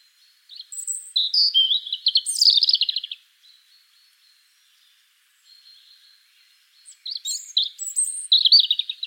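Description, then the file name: European robin song: two phrases of high thin whistles and rapid trills, separated by a quiet gap with faint soft notes. "Erithacus rubecula"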